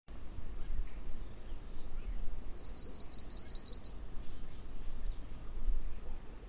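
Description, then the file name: Eurasian wren song: a brief high phrase of rapid, evenly spaced notes with a trailing whistle, over steady low background rumble. "Troglodytes troglodytes"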